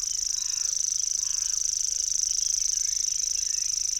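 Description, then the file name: Common grasshopper warbler delivering a steady, rapid, high-pitched buzzing reel without pause, faint bird calls sounding underneath. "locustelle tachetee"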